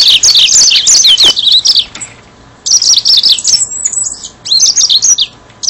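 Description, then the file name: Yellow-fronted canary singing fast, high twittering phrases in several bursts separated by short pauses. "mozambik"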